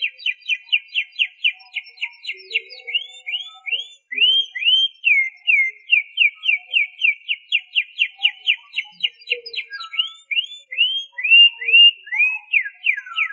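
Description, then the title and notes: Canary song: fast runs of repeated whistled notes, switching between several trilled tours, with faint scattered chirps underneath. "Suara Burung Kenari"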